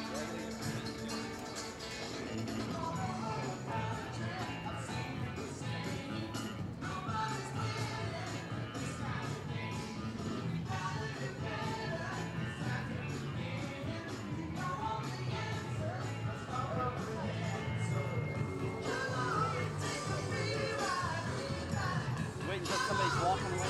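A steady, dense wash of crowd chatter fills the theme park walk, with overlapping voices, occasional bright tinkling and clatter, and music underneath.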